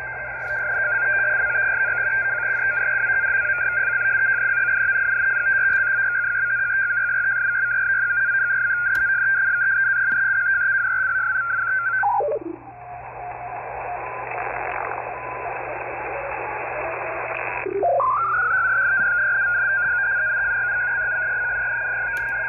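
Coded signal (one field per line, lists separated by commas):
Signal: unidentified radio signal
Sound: fast warbling two-tone data chatter around 1.5 kHz over hiss, briefly sliding down and back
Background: radio static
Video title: 26.267 MHz USB FSK Data Stream With Pilot Carrier ??? [G8JNJ SDR] 5 Sept 2024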